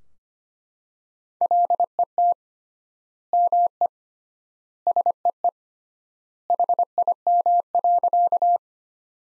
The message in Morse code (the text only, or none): LET ME SEE HIM.